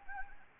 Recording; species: mosquito wingbeat signal from an infrared sensor; Anopheles arabiensis